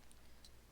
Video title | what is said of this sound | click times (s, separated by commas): Let's Build! Double Decker Couch - 70818 | And this will click in | 0.1 s, 0.5 s